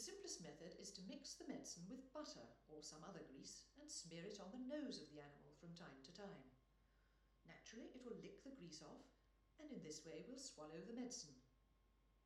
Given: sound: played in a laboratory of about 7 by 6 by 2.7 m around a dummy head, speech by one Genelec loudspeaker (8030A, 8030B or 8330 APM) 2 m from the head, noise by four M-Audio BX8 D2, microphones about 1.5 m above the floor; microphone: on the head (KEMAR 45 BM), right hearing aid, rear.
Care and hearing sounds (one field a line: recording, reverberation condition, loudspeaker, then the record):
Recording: female speech in English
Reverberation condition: medium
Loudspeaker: 150 degrees to the right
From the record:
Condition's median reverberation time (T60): about 510 ms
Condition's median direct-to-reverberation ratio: about -0.5 dB